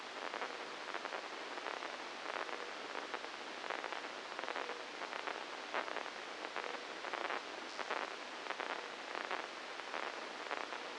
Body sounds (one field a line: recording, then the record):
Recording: brain microelectrode recording played as sound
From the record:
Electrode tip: inside the subthalamic nucleus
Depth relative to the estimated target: -2 mm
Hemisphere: left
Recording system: NeuroSet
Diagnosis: Parkinson's disease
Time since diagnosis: 9 years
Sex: female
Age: 51 years